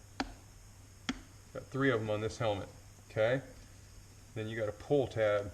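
A motorcycle helmet's removable cheek pad is pulled away from the shell so its plastic snap tabs unsnap one after another, with sharp snaps at 0.2 and 1.1 seconds. The pad is released as someone talks, noting this helmet has three of the snaps.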